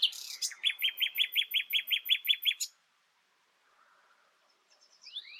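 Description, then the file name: Common nightingale song phrase: a fast run of about a dozen identical chopped notes, then a pause and a brief whistled flourish. "Luscinia megarhynchos"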